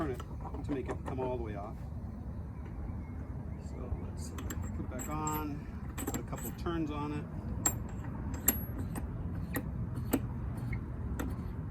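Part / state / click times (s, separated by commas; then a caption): locking knob on a fuel can pack mount on a truck / seated / 7.7 s, 8.5 s, 9.6 s, 10.1 s, 10.7 s, 11.2 s. Someone talks while screwing the locking knob of a dual Roto pack gas can mount back on the back of a truck by a couple of turns. The knob then ratchets with sharp clicks at 7.7, 8.5, 9.6, 10.1, 10.7 and 11.2 seconds, clicking into place every half turn as it locks the way it should.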